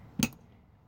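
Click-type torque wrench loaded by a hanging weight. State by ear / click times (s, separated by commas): torque reached / 0.2 s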